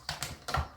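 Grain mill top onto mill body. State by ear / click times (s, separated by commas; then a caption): seated / 0.1 s. The top (lid) assembly of a grain mill, fitted with a sponge filter, is pressed onto the mill body and snaps into place with a sharp click at 0.1 s, showing the top is seated. Without that click the top is not on and flour would go everywhere. Further short clicks and knocks follow at about 0.2, 0.5 and 0.8 s.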